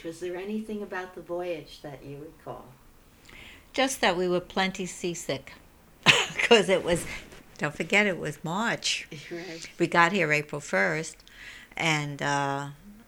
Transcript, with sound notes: Was there anything about the voyage that you recall?
Just that we were plenty seasick. ( she laughs ) Because it was, don't forget, it was March. We got here April 1st, and